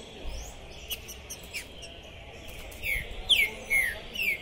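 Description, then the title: Green-winged saltator song: a few short whistled notes sliding downward, clustered in the last second and a half, over a steady high hiss and low background rumble. Captive bird singing and calling to warm up for a singing contest at the tournament entrance, 2021; described as 'piando, cantando e macheando' in the contest; song style called 'pistoleiro'. "ESQUENTAR Seu TRINCA Piando, Cantando E Macheando Na DISPUTA. Esse TRINCA FERRO ficou POSSUÍDO na PORTA do TORNEIO! Trinca Ferro Pistoleiro 2021!"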